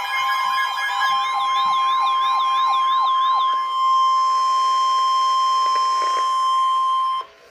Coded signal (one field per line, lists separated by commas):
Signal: Emergency Alert System (SAME) tones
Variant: 1050 Hz attention tone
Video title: Severe Thunderstorm Warning - EAS #609